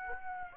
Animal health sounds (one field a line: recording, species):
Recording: mosquito wingbeat signal from an infrared sensor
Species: Aedes aegypti